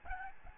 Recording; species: mosquito wingbeat signal from an infrared sensor; Aedes albopictus